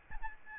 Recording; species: mosquito wingbeat signal from an infrared sensor; Aedes albopictus